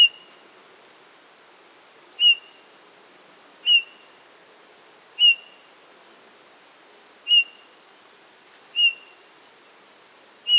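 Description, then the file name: Eurasian bullfinch uttering a series of plaintive piped whistles at irregular intervals, with a faint high thin note early on. "Pyrrhula pyrrhula"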